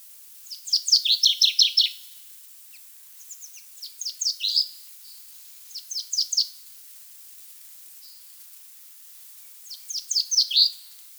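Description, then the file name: Common chaffinch song: four bright phrases of rapid descending notes, given every two to four seconds with quiet gaps between. "Fringilla coelebs"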